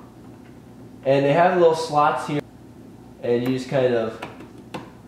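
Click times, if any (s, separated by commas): 4.7 s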